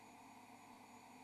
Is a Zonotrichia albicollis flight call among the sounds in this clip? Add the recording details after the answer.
no. No flight call is heard. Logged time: 08:55 on 17 December 2014